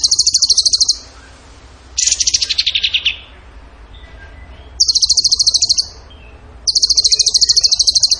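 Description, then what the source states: Bird song made of four high rapid trill bursts; one slides downward in pitch, and the others stay level and sharply pulsed. Vigorous (gacor) singing in the tembakan style, used in masteran training.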